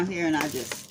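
Square resin diamond-painting drills are handled over an adhesive diamond painting canvas while someone talks, with faint crackling and brief taps around 0.4 s and 0.7 s. Nothing has seated or popped into place yet.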